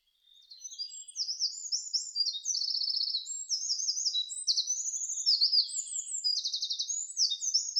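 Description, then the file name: Eurasian wren song rising from soft notes into a long, loud stream of very high rattling trills and shrill chattering phrases, delivered rapidly and without pause. Recorded 5 June 2005. "050605 misosazai"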